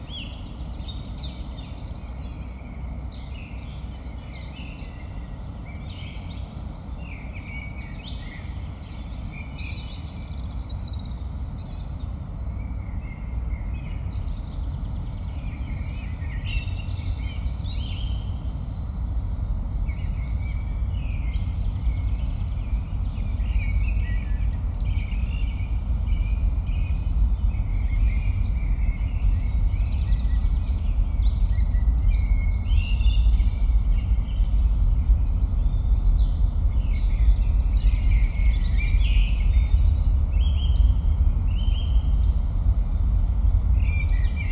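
Keskusmetsä forest ambience with a heavy, steady low rumble running throughout. Small birds chirp and twitter constantly above it in short, bright bursts, busiest in the second half. The overall level creeps slowly louder toward the end.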